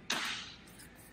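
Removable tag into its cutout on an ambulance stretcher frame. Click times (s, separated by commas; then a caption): 0.1 s. A removable tag on an ambulance stretcher frame is refitted with its groove lined up with the cutout and pushed in. A sharp click at 0.1 s has broad high-frequency energy and a short decaying tail. The tag seats in its cutout and is in position.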